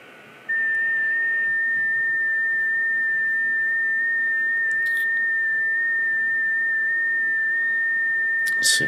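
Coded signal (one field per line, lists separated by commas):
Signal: FT8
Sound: a single steady high whistle-like tone, nearly unchanging in pitch, for about 8 seconds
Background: faint hiss, brief noise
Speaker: okay now we're in the exchange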